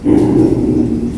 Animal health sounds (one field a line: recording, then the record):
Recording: squeal of a Yucatan mini pig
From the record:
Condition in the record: before surgery on the right vocal fold (resection and tissue-engineered implant)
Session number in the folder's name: 1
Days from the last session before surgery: -3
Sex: male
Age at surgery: 12 weeks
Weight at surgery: 13 kg